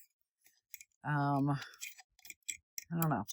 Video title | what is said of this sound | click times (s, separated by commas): Electric Ball Winder and Swift | and turn it. You actually can hear it click. | 0.7 s